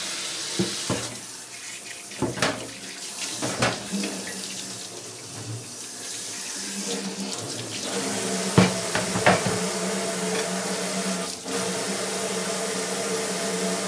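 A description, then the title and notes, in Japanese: Water runs steadily from a tap into a sink while katsuo tataki ramen is prepared, a continuous hiss that swells slightly after about eight seconds. Sharp clinks and knocks of dishes or utensils cut in irregularly, clustered early and again near 9 and 11 seconds. 環境音 かつおのたたきらーめん。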